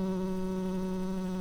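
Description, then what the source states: Tree bumblebee buzzing, a steady low drone with a strong even tone and many overtones, unbroken throughout. Workers.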